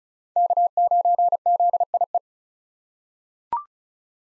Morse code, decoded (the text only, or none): K9ZIE